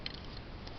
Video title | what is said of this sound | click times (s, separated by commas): les scies à guichet où scie pour découpe courbe | voilà j'aime bien ce système qui se clipse assez facilement | 0.1 s